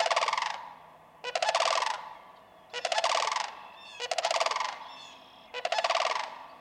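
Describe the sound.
Sandhill crane calls: five trilled, guttural rattles in steady succession, each under a second.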